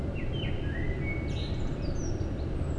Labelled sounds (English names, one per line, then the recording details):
Common Blackbird
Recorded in Germany
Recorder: ecoPi